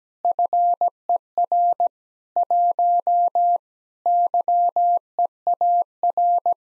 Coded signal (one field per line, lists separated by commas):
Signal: Morse code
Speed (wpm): 17 wpm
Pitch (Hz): 700 Hz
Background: none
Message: FER 1 YEAR